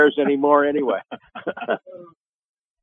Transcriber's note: laughs